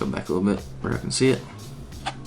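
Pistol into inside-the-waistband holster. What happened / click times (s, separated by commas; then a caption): Handled, not yet home: no clear seating click before the clip ends / none. A Glock 43 compact pistol is handled at a polymer We The People inside-the-waistband holster while someone talks over brief soft handling noises. The pistol has not yet been pushed home; nothing has seated or clicked into the holster's retention yet.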